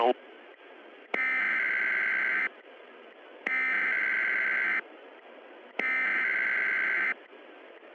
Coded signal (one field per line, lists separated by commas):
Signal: Emergency Alert System (SAME) tones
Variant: header bursts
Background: speech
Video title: The Day After Tomorrow (EAS Scenario)